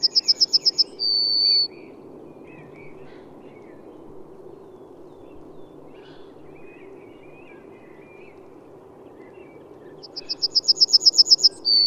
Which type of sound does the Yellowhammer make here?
song